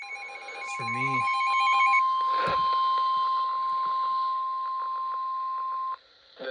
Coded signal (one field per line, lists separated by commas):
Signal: Emergency Alert System (SAME) tones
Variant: 1050 Hz attention tone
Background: speech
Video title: A FIRST IN 14 YEARS... Severe Weather EAS Alert Compilation - 9/6/25 (EAS #2,306 - 2,370)